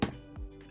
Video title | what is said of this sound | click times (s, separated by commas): WowWee Got2Glow Fairy Finder Electronic Fairy Jar Catches Virtual Fairies Adventure Fun Toy Review! | nice satisfying snap | 0.0 s